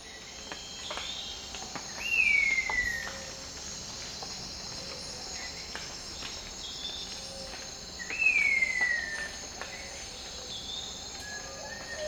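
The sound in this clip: Cinnamon attila giving two loud, downslurred whistles about six seconds apart, each sliding from high to lower pitch, over a steady background of buzzing insects.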